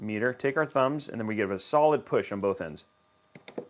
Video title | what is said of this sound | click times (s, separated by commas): $1600 Step By Step PC Build for beginners – Giveaways + Phanteks P360a (12600k / ASUS RTX 3060) | oh that is mushy not very good terrible clicks terrible clicks | 3.4 s, 3.5 s